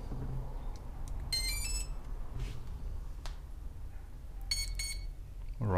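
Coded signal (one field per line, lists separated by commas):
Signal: beep code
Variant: Hobbywing ESC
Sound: earlier electronic tone burst, later two short high beeps, then a man speaking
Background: room noise, speech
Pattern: 2 short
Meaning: Two beeps acknowledge a throttle range calibration step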